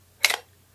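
A magnetic push-down bottle opener is pressed firmly onto a glass bottle, and the metal crown cap pops off with one sharp hit at 0.3 s that fades over about a tenth of a second. The opener's magnet holds the cap, so it comes off successfully, though it takes firm pressing. Another sound begins just as the clip ends.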